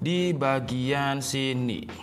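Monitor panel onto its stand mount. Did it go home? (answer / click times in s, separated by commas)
no / none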